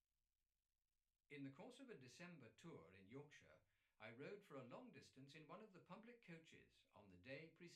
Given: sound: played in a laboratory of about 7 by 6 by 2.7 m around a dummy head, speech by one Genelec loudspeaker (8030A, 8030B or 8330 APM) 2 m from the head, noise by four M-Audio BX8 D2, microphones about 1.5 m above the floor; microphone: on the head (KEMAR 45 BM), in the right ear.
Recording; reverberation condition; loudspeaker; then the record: male speech in English; low; behind (180 degrees)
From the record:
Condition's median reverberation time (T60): about 310 ms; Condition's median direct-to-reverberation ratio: about 3.5 dB